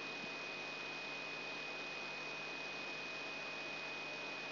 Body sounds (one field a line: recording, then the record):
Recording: brain microelectrode recording played as sound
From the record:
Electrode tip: outside the subthalamic nucleus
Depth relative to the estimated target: 3 mm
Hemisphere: right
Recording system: AlphaMap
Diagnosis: Parkinson's disease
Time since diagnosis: 6 years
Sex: female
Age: 40 years